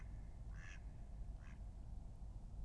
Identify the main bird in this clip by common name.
Mallard